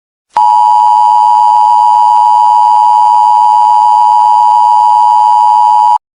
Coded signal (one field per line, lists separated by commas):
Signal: Emergency Alert System (SAME) tones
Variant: 853 and 960 Hz attention tone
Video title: eas alarm ep 1